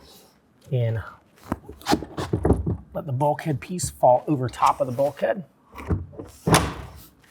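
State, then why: Seated. The front bulkhead piece of a RealTruck BakFlip MX4 (Gen3) hard folding tonneau cover is let fall over the bed bulkhead of a 2024 Ford F-150, with the folded cover resting on the bed rails. Someone talks throughout, and a loud thunk is heard at 6.5 seconds as the piece clicks into place and seats.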